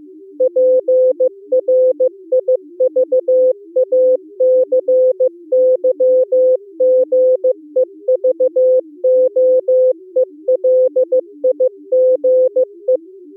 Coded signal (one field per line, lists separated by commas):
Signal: Morse code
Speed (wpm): 15 wpm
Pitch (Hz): 510 Hz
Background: music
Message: PRIVACYGEVOELIGE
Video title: Daily Minutes, November 27, 2015, with low level Contestia data.